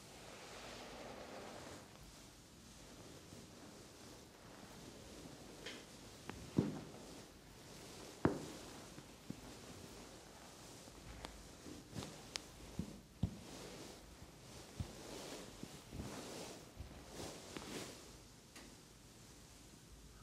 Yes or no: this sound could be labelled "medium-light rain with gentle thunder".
no